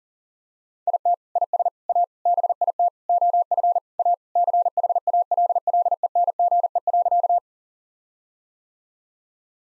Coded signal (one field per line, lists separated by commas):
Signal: Morse code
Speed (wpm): 37 wpm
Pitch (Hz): 700 Hz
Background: none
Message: IT IS A BIT OF A CHALLENGE.